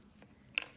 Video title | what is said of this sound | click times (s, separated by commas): Young Living Starter Kit | there we go it grabbed the side and just pops it right off and then | 0.6 s